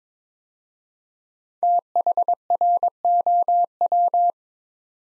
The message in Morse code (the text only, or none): THROW